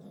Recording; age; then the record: pig call; piglet (1 to 25 days)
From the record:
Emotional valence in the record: negative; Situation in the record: short isolation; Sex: male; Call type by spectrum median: low-frequency call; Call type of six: low-frequency stable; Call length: 0.11 s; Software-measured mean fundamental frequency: 50 Hz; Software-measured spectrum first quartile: 191 Hz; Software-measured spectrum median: 276 Hz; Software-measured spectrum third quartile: 587 Hz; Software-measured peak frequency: 190 Hz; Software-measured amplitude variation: 91 dB a second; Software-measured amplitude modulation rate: 13.4 a second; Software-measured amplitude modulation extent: 6.8 dB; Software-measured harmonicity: 3.7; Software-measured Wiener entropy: 0.02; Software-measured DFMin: 1636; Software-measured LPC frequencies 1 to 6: 3601, 4975, 6190, 7260, 8017, 10271 Hz